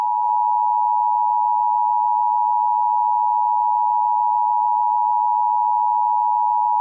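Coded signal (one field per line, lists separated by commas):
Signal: Emergency Alert System (SAME) tones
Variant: 853 and 960 Hz attention tone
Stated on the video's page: Fictional scenario alert about Smile Dog.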